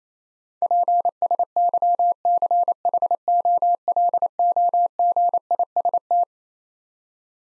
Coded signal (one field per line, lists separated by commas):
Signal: Morse code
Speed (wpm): 27 wpm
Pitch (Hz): 700 Hz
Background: none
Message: PSYCHOLOGIST